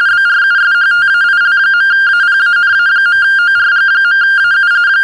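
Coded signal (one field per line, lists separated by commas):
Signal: RTTY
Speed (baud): 45.45 baud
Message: BRUSHTAIL.APANA.ORG.AU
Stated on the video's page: RTTY and SSTV played through a homemade parrot/echo simplex repeater built from a bare-metal audio capture program.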